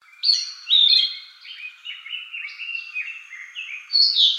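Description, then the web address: Narcissus flycatcher song, a quick run of clear whistled and slurred notes stepping up and down, with louder high notes at the start and end. 13 May 2014. "birdenaga kibitaki"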